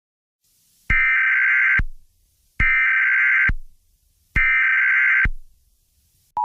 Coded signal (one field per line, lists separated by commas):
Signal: Emergency Alert System (SAME) tones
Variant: header bursts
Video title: Spam - An EAS Mock